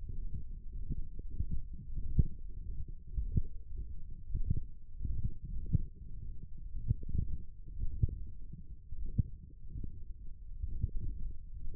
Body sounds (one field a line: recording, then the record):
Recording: forearm muscle sounds (acoustic myography)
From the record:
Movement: wrist extension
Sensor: system 1, eight BSWA MPA416 microphones around the upper forearm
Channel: 2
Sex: male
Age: 23 years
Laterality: right